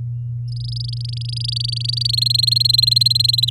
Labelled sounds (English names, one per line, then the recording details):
Domestic Canary song
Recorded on 11 May 2018 at 10:16
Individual llb16